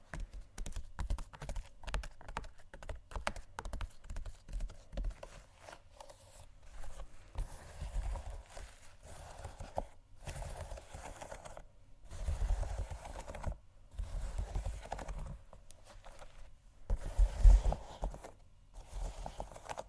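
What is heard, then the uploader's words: Shoes scratch and tap in uneven bursts, a dense patter of small clicks and scuffs that gives way to longer dragging scrapes. Brief silent gaps break the sound around 10, 12 and 17 seconds, with a louder scuffing burst near 17 seconds. ASMR Shoes Scratching & Tapping（No Talking）.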